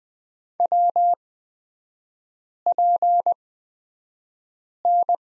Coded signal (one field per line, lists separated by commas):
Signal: Morse code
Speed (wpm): 20 wpm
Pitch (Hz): 700 Hz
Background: none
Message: WPN